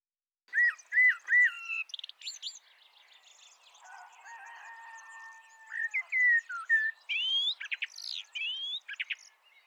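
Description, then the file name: Eurasian blackbird song: three clear fluty whistled notes open, a soft warbling middle follows, then a loud run of squeaky twittered notes closes the phrase. "Turdus merula"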